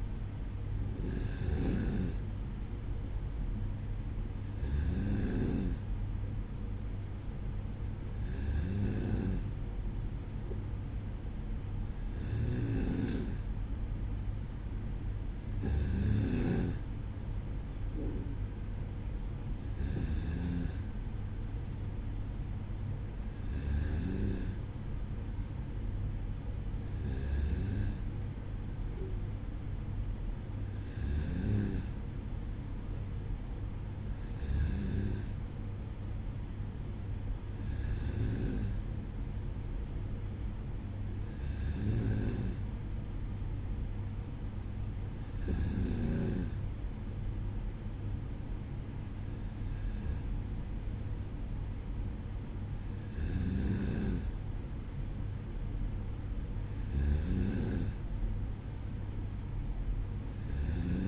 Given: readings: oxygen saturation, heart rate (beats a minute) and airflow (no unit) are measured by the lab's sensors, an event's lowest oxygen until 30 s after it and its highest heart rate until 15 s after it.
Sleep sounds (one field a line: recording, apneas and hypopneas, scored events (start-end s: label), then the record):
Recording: breathing in sleep by a smartphone at the bedside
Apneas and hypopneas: none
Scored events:
none scored
From the record:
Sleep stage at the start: N2 (light sleep)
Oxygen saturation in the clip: 94%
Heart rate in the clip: 55 to 57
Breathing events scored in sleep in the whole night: 305 in 9.6 hours asleep